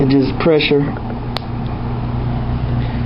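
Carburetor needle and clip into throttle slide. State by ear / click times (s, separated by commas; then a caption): seated / 1.4 s. Someone talks briefly while the needle of a motorized bicycle carburetor, with its clip set in the chosen notch, is pressed by hand into the throttle slide. A short, sharp snap at 1.4 s marks the needle and clip seating in place, over a steady low hum.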